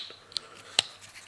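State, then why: Released. The blade lock on a coated-blade Stat Gear AUSUS folding knife is disengaged, sticking to the blade tang before breaking free. Two sharp pops are heard at 0.4 s and 0.8 s, the second the loudest, with a faint tick just before the first. The lock releases each time, showing lock stick.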